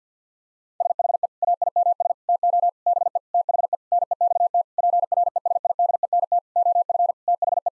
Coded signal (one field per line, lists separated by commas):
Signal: Morse code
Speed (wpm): 50 wpm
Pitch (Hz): 700 Hz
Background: none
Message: SHE AIMS TO BE THE NEXT PRESIDENT OF THE